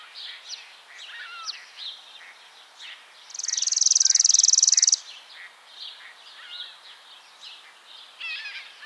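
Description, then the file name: Chipping sparrow trill, a brief, steady mechanical rattle of quick identical notes about one and a half seconds long, within a busy background of other birds' chirps. "Spizella passerina - Chipping Sparrow"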